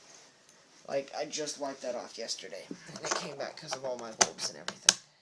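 A misting or watering part from a chameleon enclosure is handled near its small, dusty plastic holster while someone talks throughout. Brief sharp taps occur around 4.2 s and 4.9 s, but the part has not yet seated or locked into the holster by the end of the clip.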